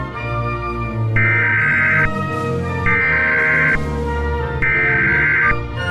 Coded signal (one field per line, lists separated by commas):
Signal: Emergency Alert System (SAME) tones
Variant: header bursts